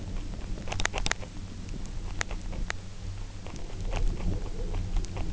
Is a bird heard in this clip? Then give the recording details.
no. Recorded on Arctic tundra, site UTQI-0, on 29 June 2018. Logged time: 08:00